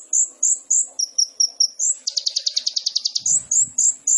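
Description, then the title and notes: Sunbird singing sharp, very high chips, then a rapid, evenly pulsed trill before more slurred chips. Indonesian masteran songbird training recording of a gacor (actively singing) kolibri ninja, full of isian (fill notes) and tembakan (bursts), intended as a lure (pancingan). "MASTERAN KOLIBRI NINJA TERBAIK FULL ISIAN DAN TEMBAKAN MEWAH COCOK BUAT PANCINGAN. Suara Burung Kolibri Ninja Gacor"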